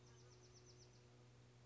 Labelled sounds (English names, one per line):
Bewick's Wren